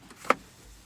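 A rear door latch in a 2004-2008 Ford F150 Extended Cab truck is released by pulling the latch release rods inside the door, first the bottom one and then the top one, before the door is pushed. A soft tick comes at 0.1 seconds, then a sharp, loud click at 0.3 seconds, over quiet background. The latch lets go and the door opens.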